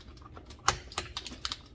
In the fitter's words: 딸깍 소리와 함께 살 잘 내듯이 균형을 맞춰 누르면 아래로 내려가게